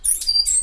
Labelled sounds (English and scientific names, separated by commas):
Stitchbird (Notiomystis cincta) song